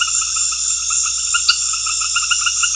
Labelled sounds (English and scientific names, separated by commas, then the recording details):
none
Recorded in pastures near Puerto Asís, Putumayo, Colombia, on 8 March 2025 at 19:00
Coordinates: 0.502, -76.324
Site GP07